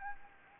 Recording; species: mosquito wingbeat signal from an infrared sensor; Anopheles gambiae